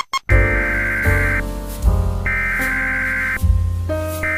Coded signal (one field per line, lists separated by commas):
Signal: Emergency Alert System (SAME) tones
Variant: header bursts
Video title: Hice una EAS daviess greene martin en eas builder en mi PC